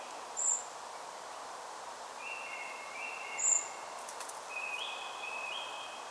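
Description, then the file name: Common blackbird uttering two short, thin, high-pitched notes three seconds apart over constant hiss, with faint mid-pitched whistles between them. "Turdus merula"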